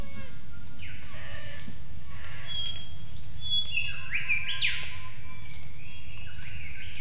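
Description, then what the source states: Bird calls, a run of bright notes near the middle, set against a crowded bird chorus and low background rumble. Jungle at Mungku Baru, Central Kalimantan, Indonesia.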